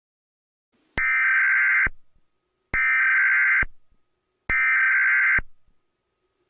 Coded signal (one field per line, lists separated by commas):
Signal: Emergency Alert System (SAME) tones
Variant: header bursts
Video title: EAS Scenario #8 - The Continental Storm